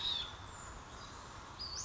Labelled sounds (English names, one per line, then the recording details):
Western Flycatcher
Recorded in Sonoma County, California